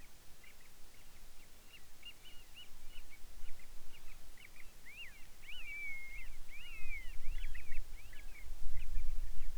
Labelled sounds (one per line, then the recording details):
bird
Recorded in the Arctic National Wildlife Refuge, Alaska, on 10 July 2019 at 18:06
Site 44